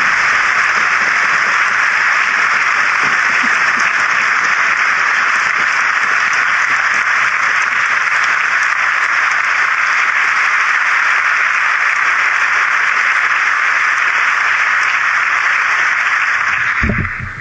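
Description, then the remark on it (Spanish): A large audience applauds after a live song, a dense, steady wash of loud clapping that holds unbroken for about seventeen seconds before cutting off abruptly, with no voices. “¡Cuántos aplausos!”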